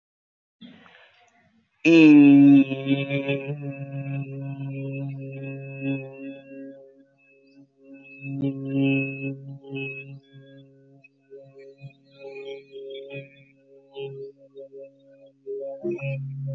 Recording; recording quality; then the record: sustained vowel as in beet; moderate, slight background noise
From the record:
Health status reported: healthy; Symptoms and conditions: none ticked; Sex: male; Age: 25 years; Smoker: not ticked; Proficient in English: yes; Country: India